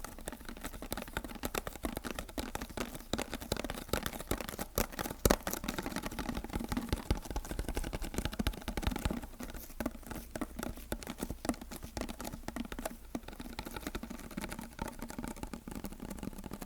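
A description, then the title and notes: Sticky tapping, a dense run of quick, sharp little clicks and peels that carries on without pause for the whole stretch. The taps are irregular and crowded, with a few louder snaps near the five-second mark, over a low steady hum underneath. ASMR Sticky Tapping.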